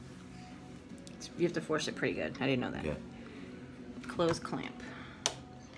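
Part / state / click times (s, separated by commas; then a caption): pen clamp on a cutting machine's accessory holder / seated / 5.3 s. A pen is forced into the accessory holder of a Cricut Explorer Air 2 cutting machine, and the pen clamp is closed over it while someone talks. A sharp click at 5.3 s marks the clamp snapping shut and the pen seated.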